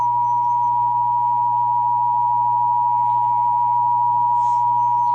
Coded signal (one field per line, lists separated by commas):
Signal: Emergency Alert System (SAME) tones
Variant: 853 and 960 Hz attention tone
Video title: (EAS #752-757) November 2024 Texas Required Monthly Test